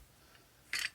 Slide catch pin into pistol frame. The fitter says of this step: push it the rest of the way takes a little finagling till you hear it snap